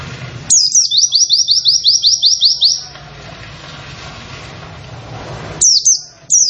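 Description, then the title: White-eye singing a fast series of high, sliding notes for about two seconds, then a pause before short bursts resume; soft hum underneath. Long, rapid "wit wit wit" song style; singing bird described as in full voice. "Pleci nembak wit wit wit panjang"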